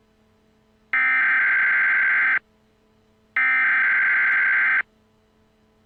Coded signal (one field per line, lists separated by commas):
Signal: Emergency Alert System (SAME) tones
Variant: header bursts